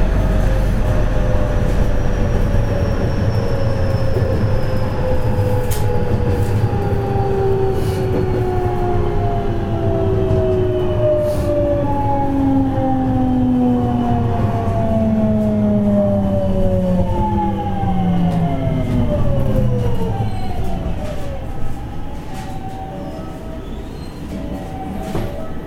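Running sound of a 207 series electric train on a local service, recorded aboard. Steady low rumble with motor whines that fall in pitch as the train slows over about twenty seconds, plus occasional clicks and rattles, fading quieter near the end.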